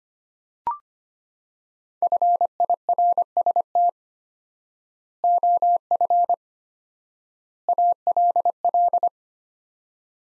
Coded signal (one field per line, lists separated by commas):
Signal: Morse code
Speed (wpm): 25 wpm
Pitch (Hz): 700 Hz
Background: none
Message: FIRST OF ALL